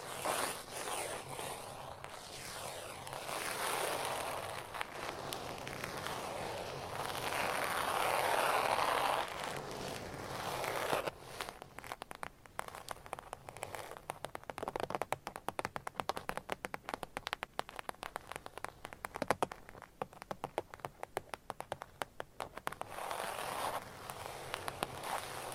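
Gentle scratching and tapping. The first ten seconds are a soft, continuous brushing scratch that swells and fades. After that come rapid, dense light taps in irregular bursts through to the end, with a faint low hum underneath.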